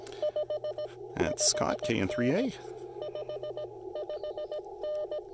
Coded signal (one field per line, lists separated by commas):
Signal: Morse code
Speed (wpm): 17 wpm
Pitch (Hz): 600 Hz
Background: speech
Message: 5 5N 5 5N